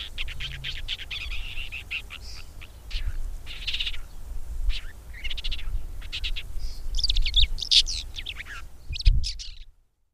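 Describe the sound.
Red-backed shrike singing a varied run of sharp chirps, short trills and squeaky notes in bursts, over a steady low background rumble.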